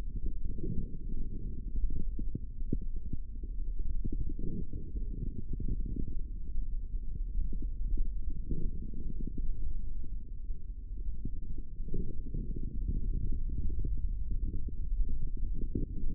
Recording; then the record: forearm muscle sounds (acoustic myography)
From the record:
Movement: hand opening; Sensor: system 3, bracelet of six PUI Audio POM-2738L microphones around the upper forearm, with dedicated amplification and filtering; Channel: 6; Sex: male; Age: 25 years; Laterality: right